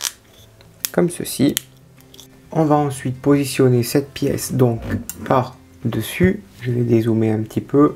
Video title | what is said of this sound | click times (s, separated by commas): CONSTRUISEZ LA FORD GRAN TORINO DE STARSKY ET HUTCH 1/8 HACHETTE COLLECTIONS N°18 | petite pièce à l'intérieur il ya un petit est trompeur elle est en forme de lune donc ça se clipse tout simplement comme | 0.1 s